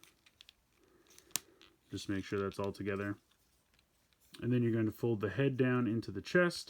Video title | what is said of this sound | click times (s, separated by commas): Transformers Earthrise Deluxe Class Sunstreaker Review | come down click into place and really shore up the whole front of the car | 1.4 s